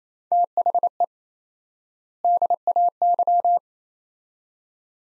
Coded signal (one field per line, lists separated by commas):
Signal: Morse code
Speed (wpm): 27 wpm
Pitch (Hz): 700 Hz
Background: none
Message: THE DAY